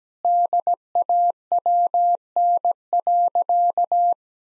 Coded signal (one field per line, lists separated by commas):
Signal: Morse code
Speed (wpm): 17 wpm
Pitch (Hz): 700 Hz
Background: none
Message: DAWN.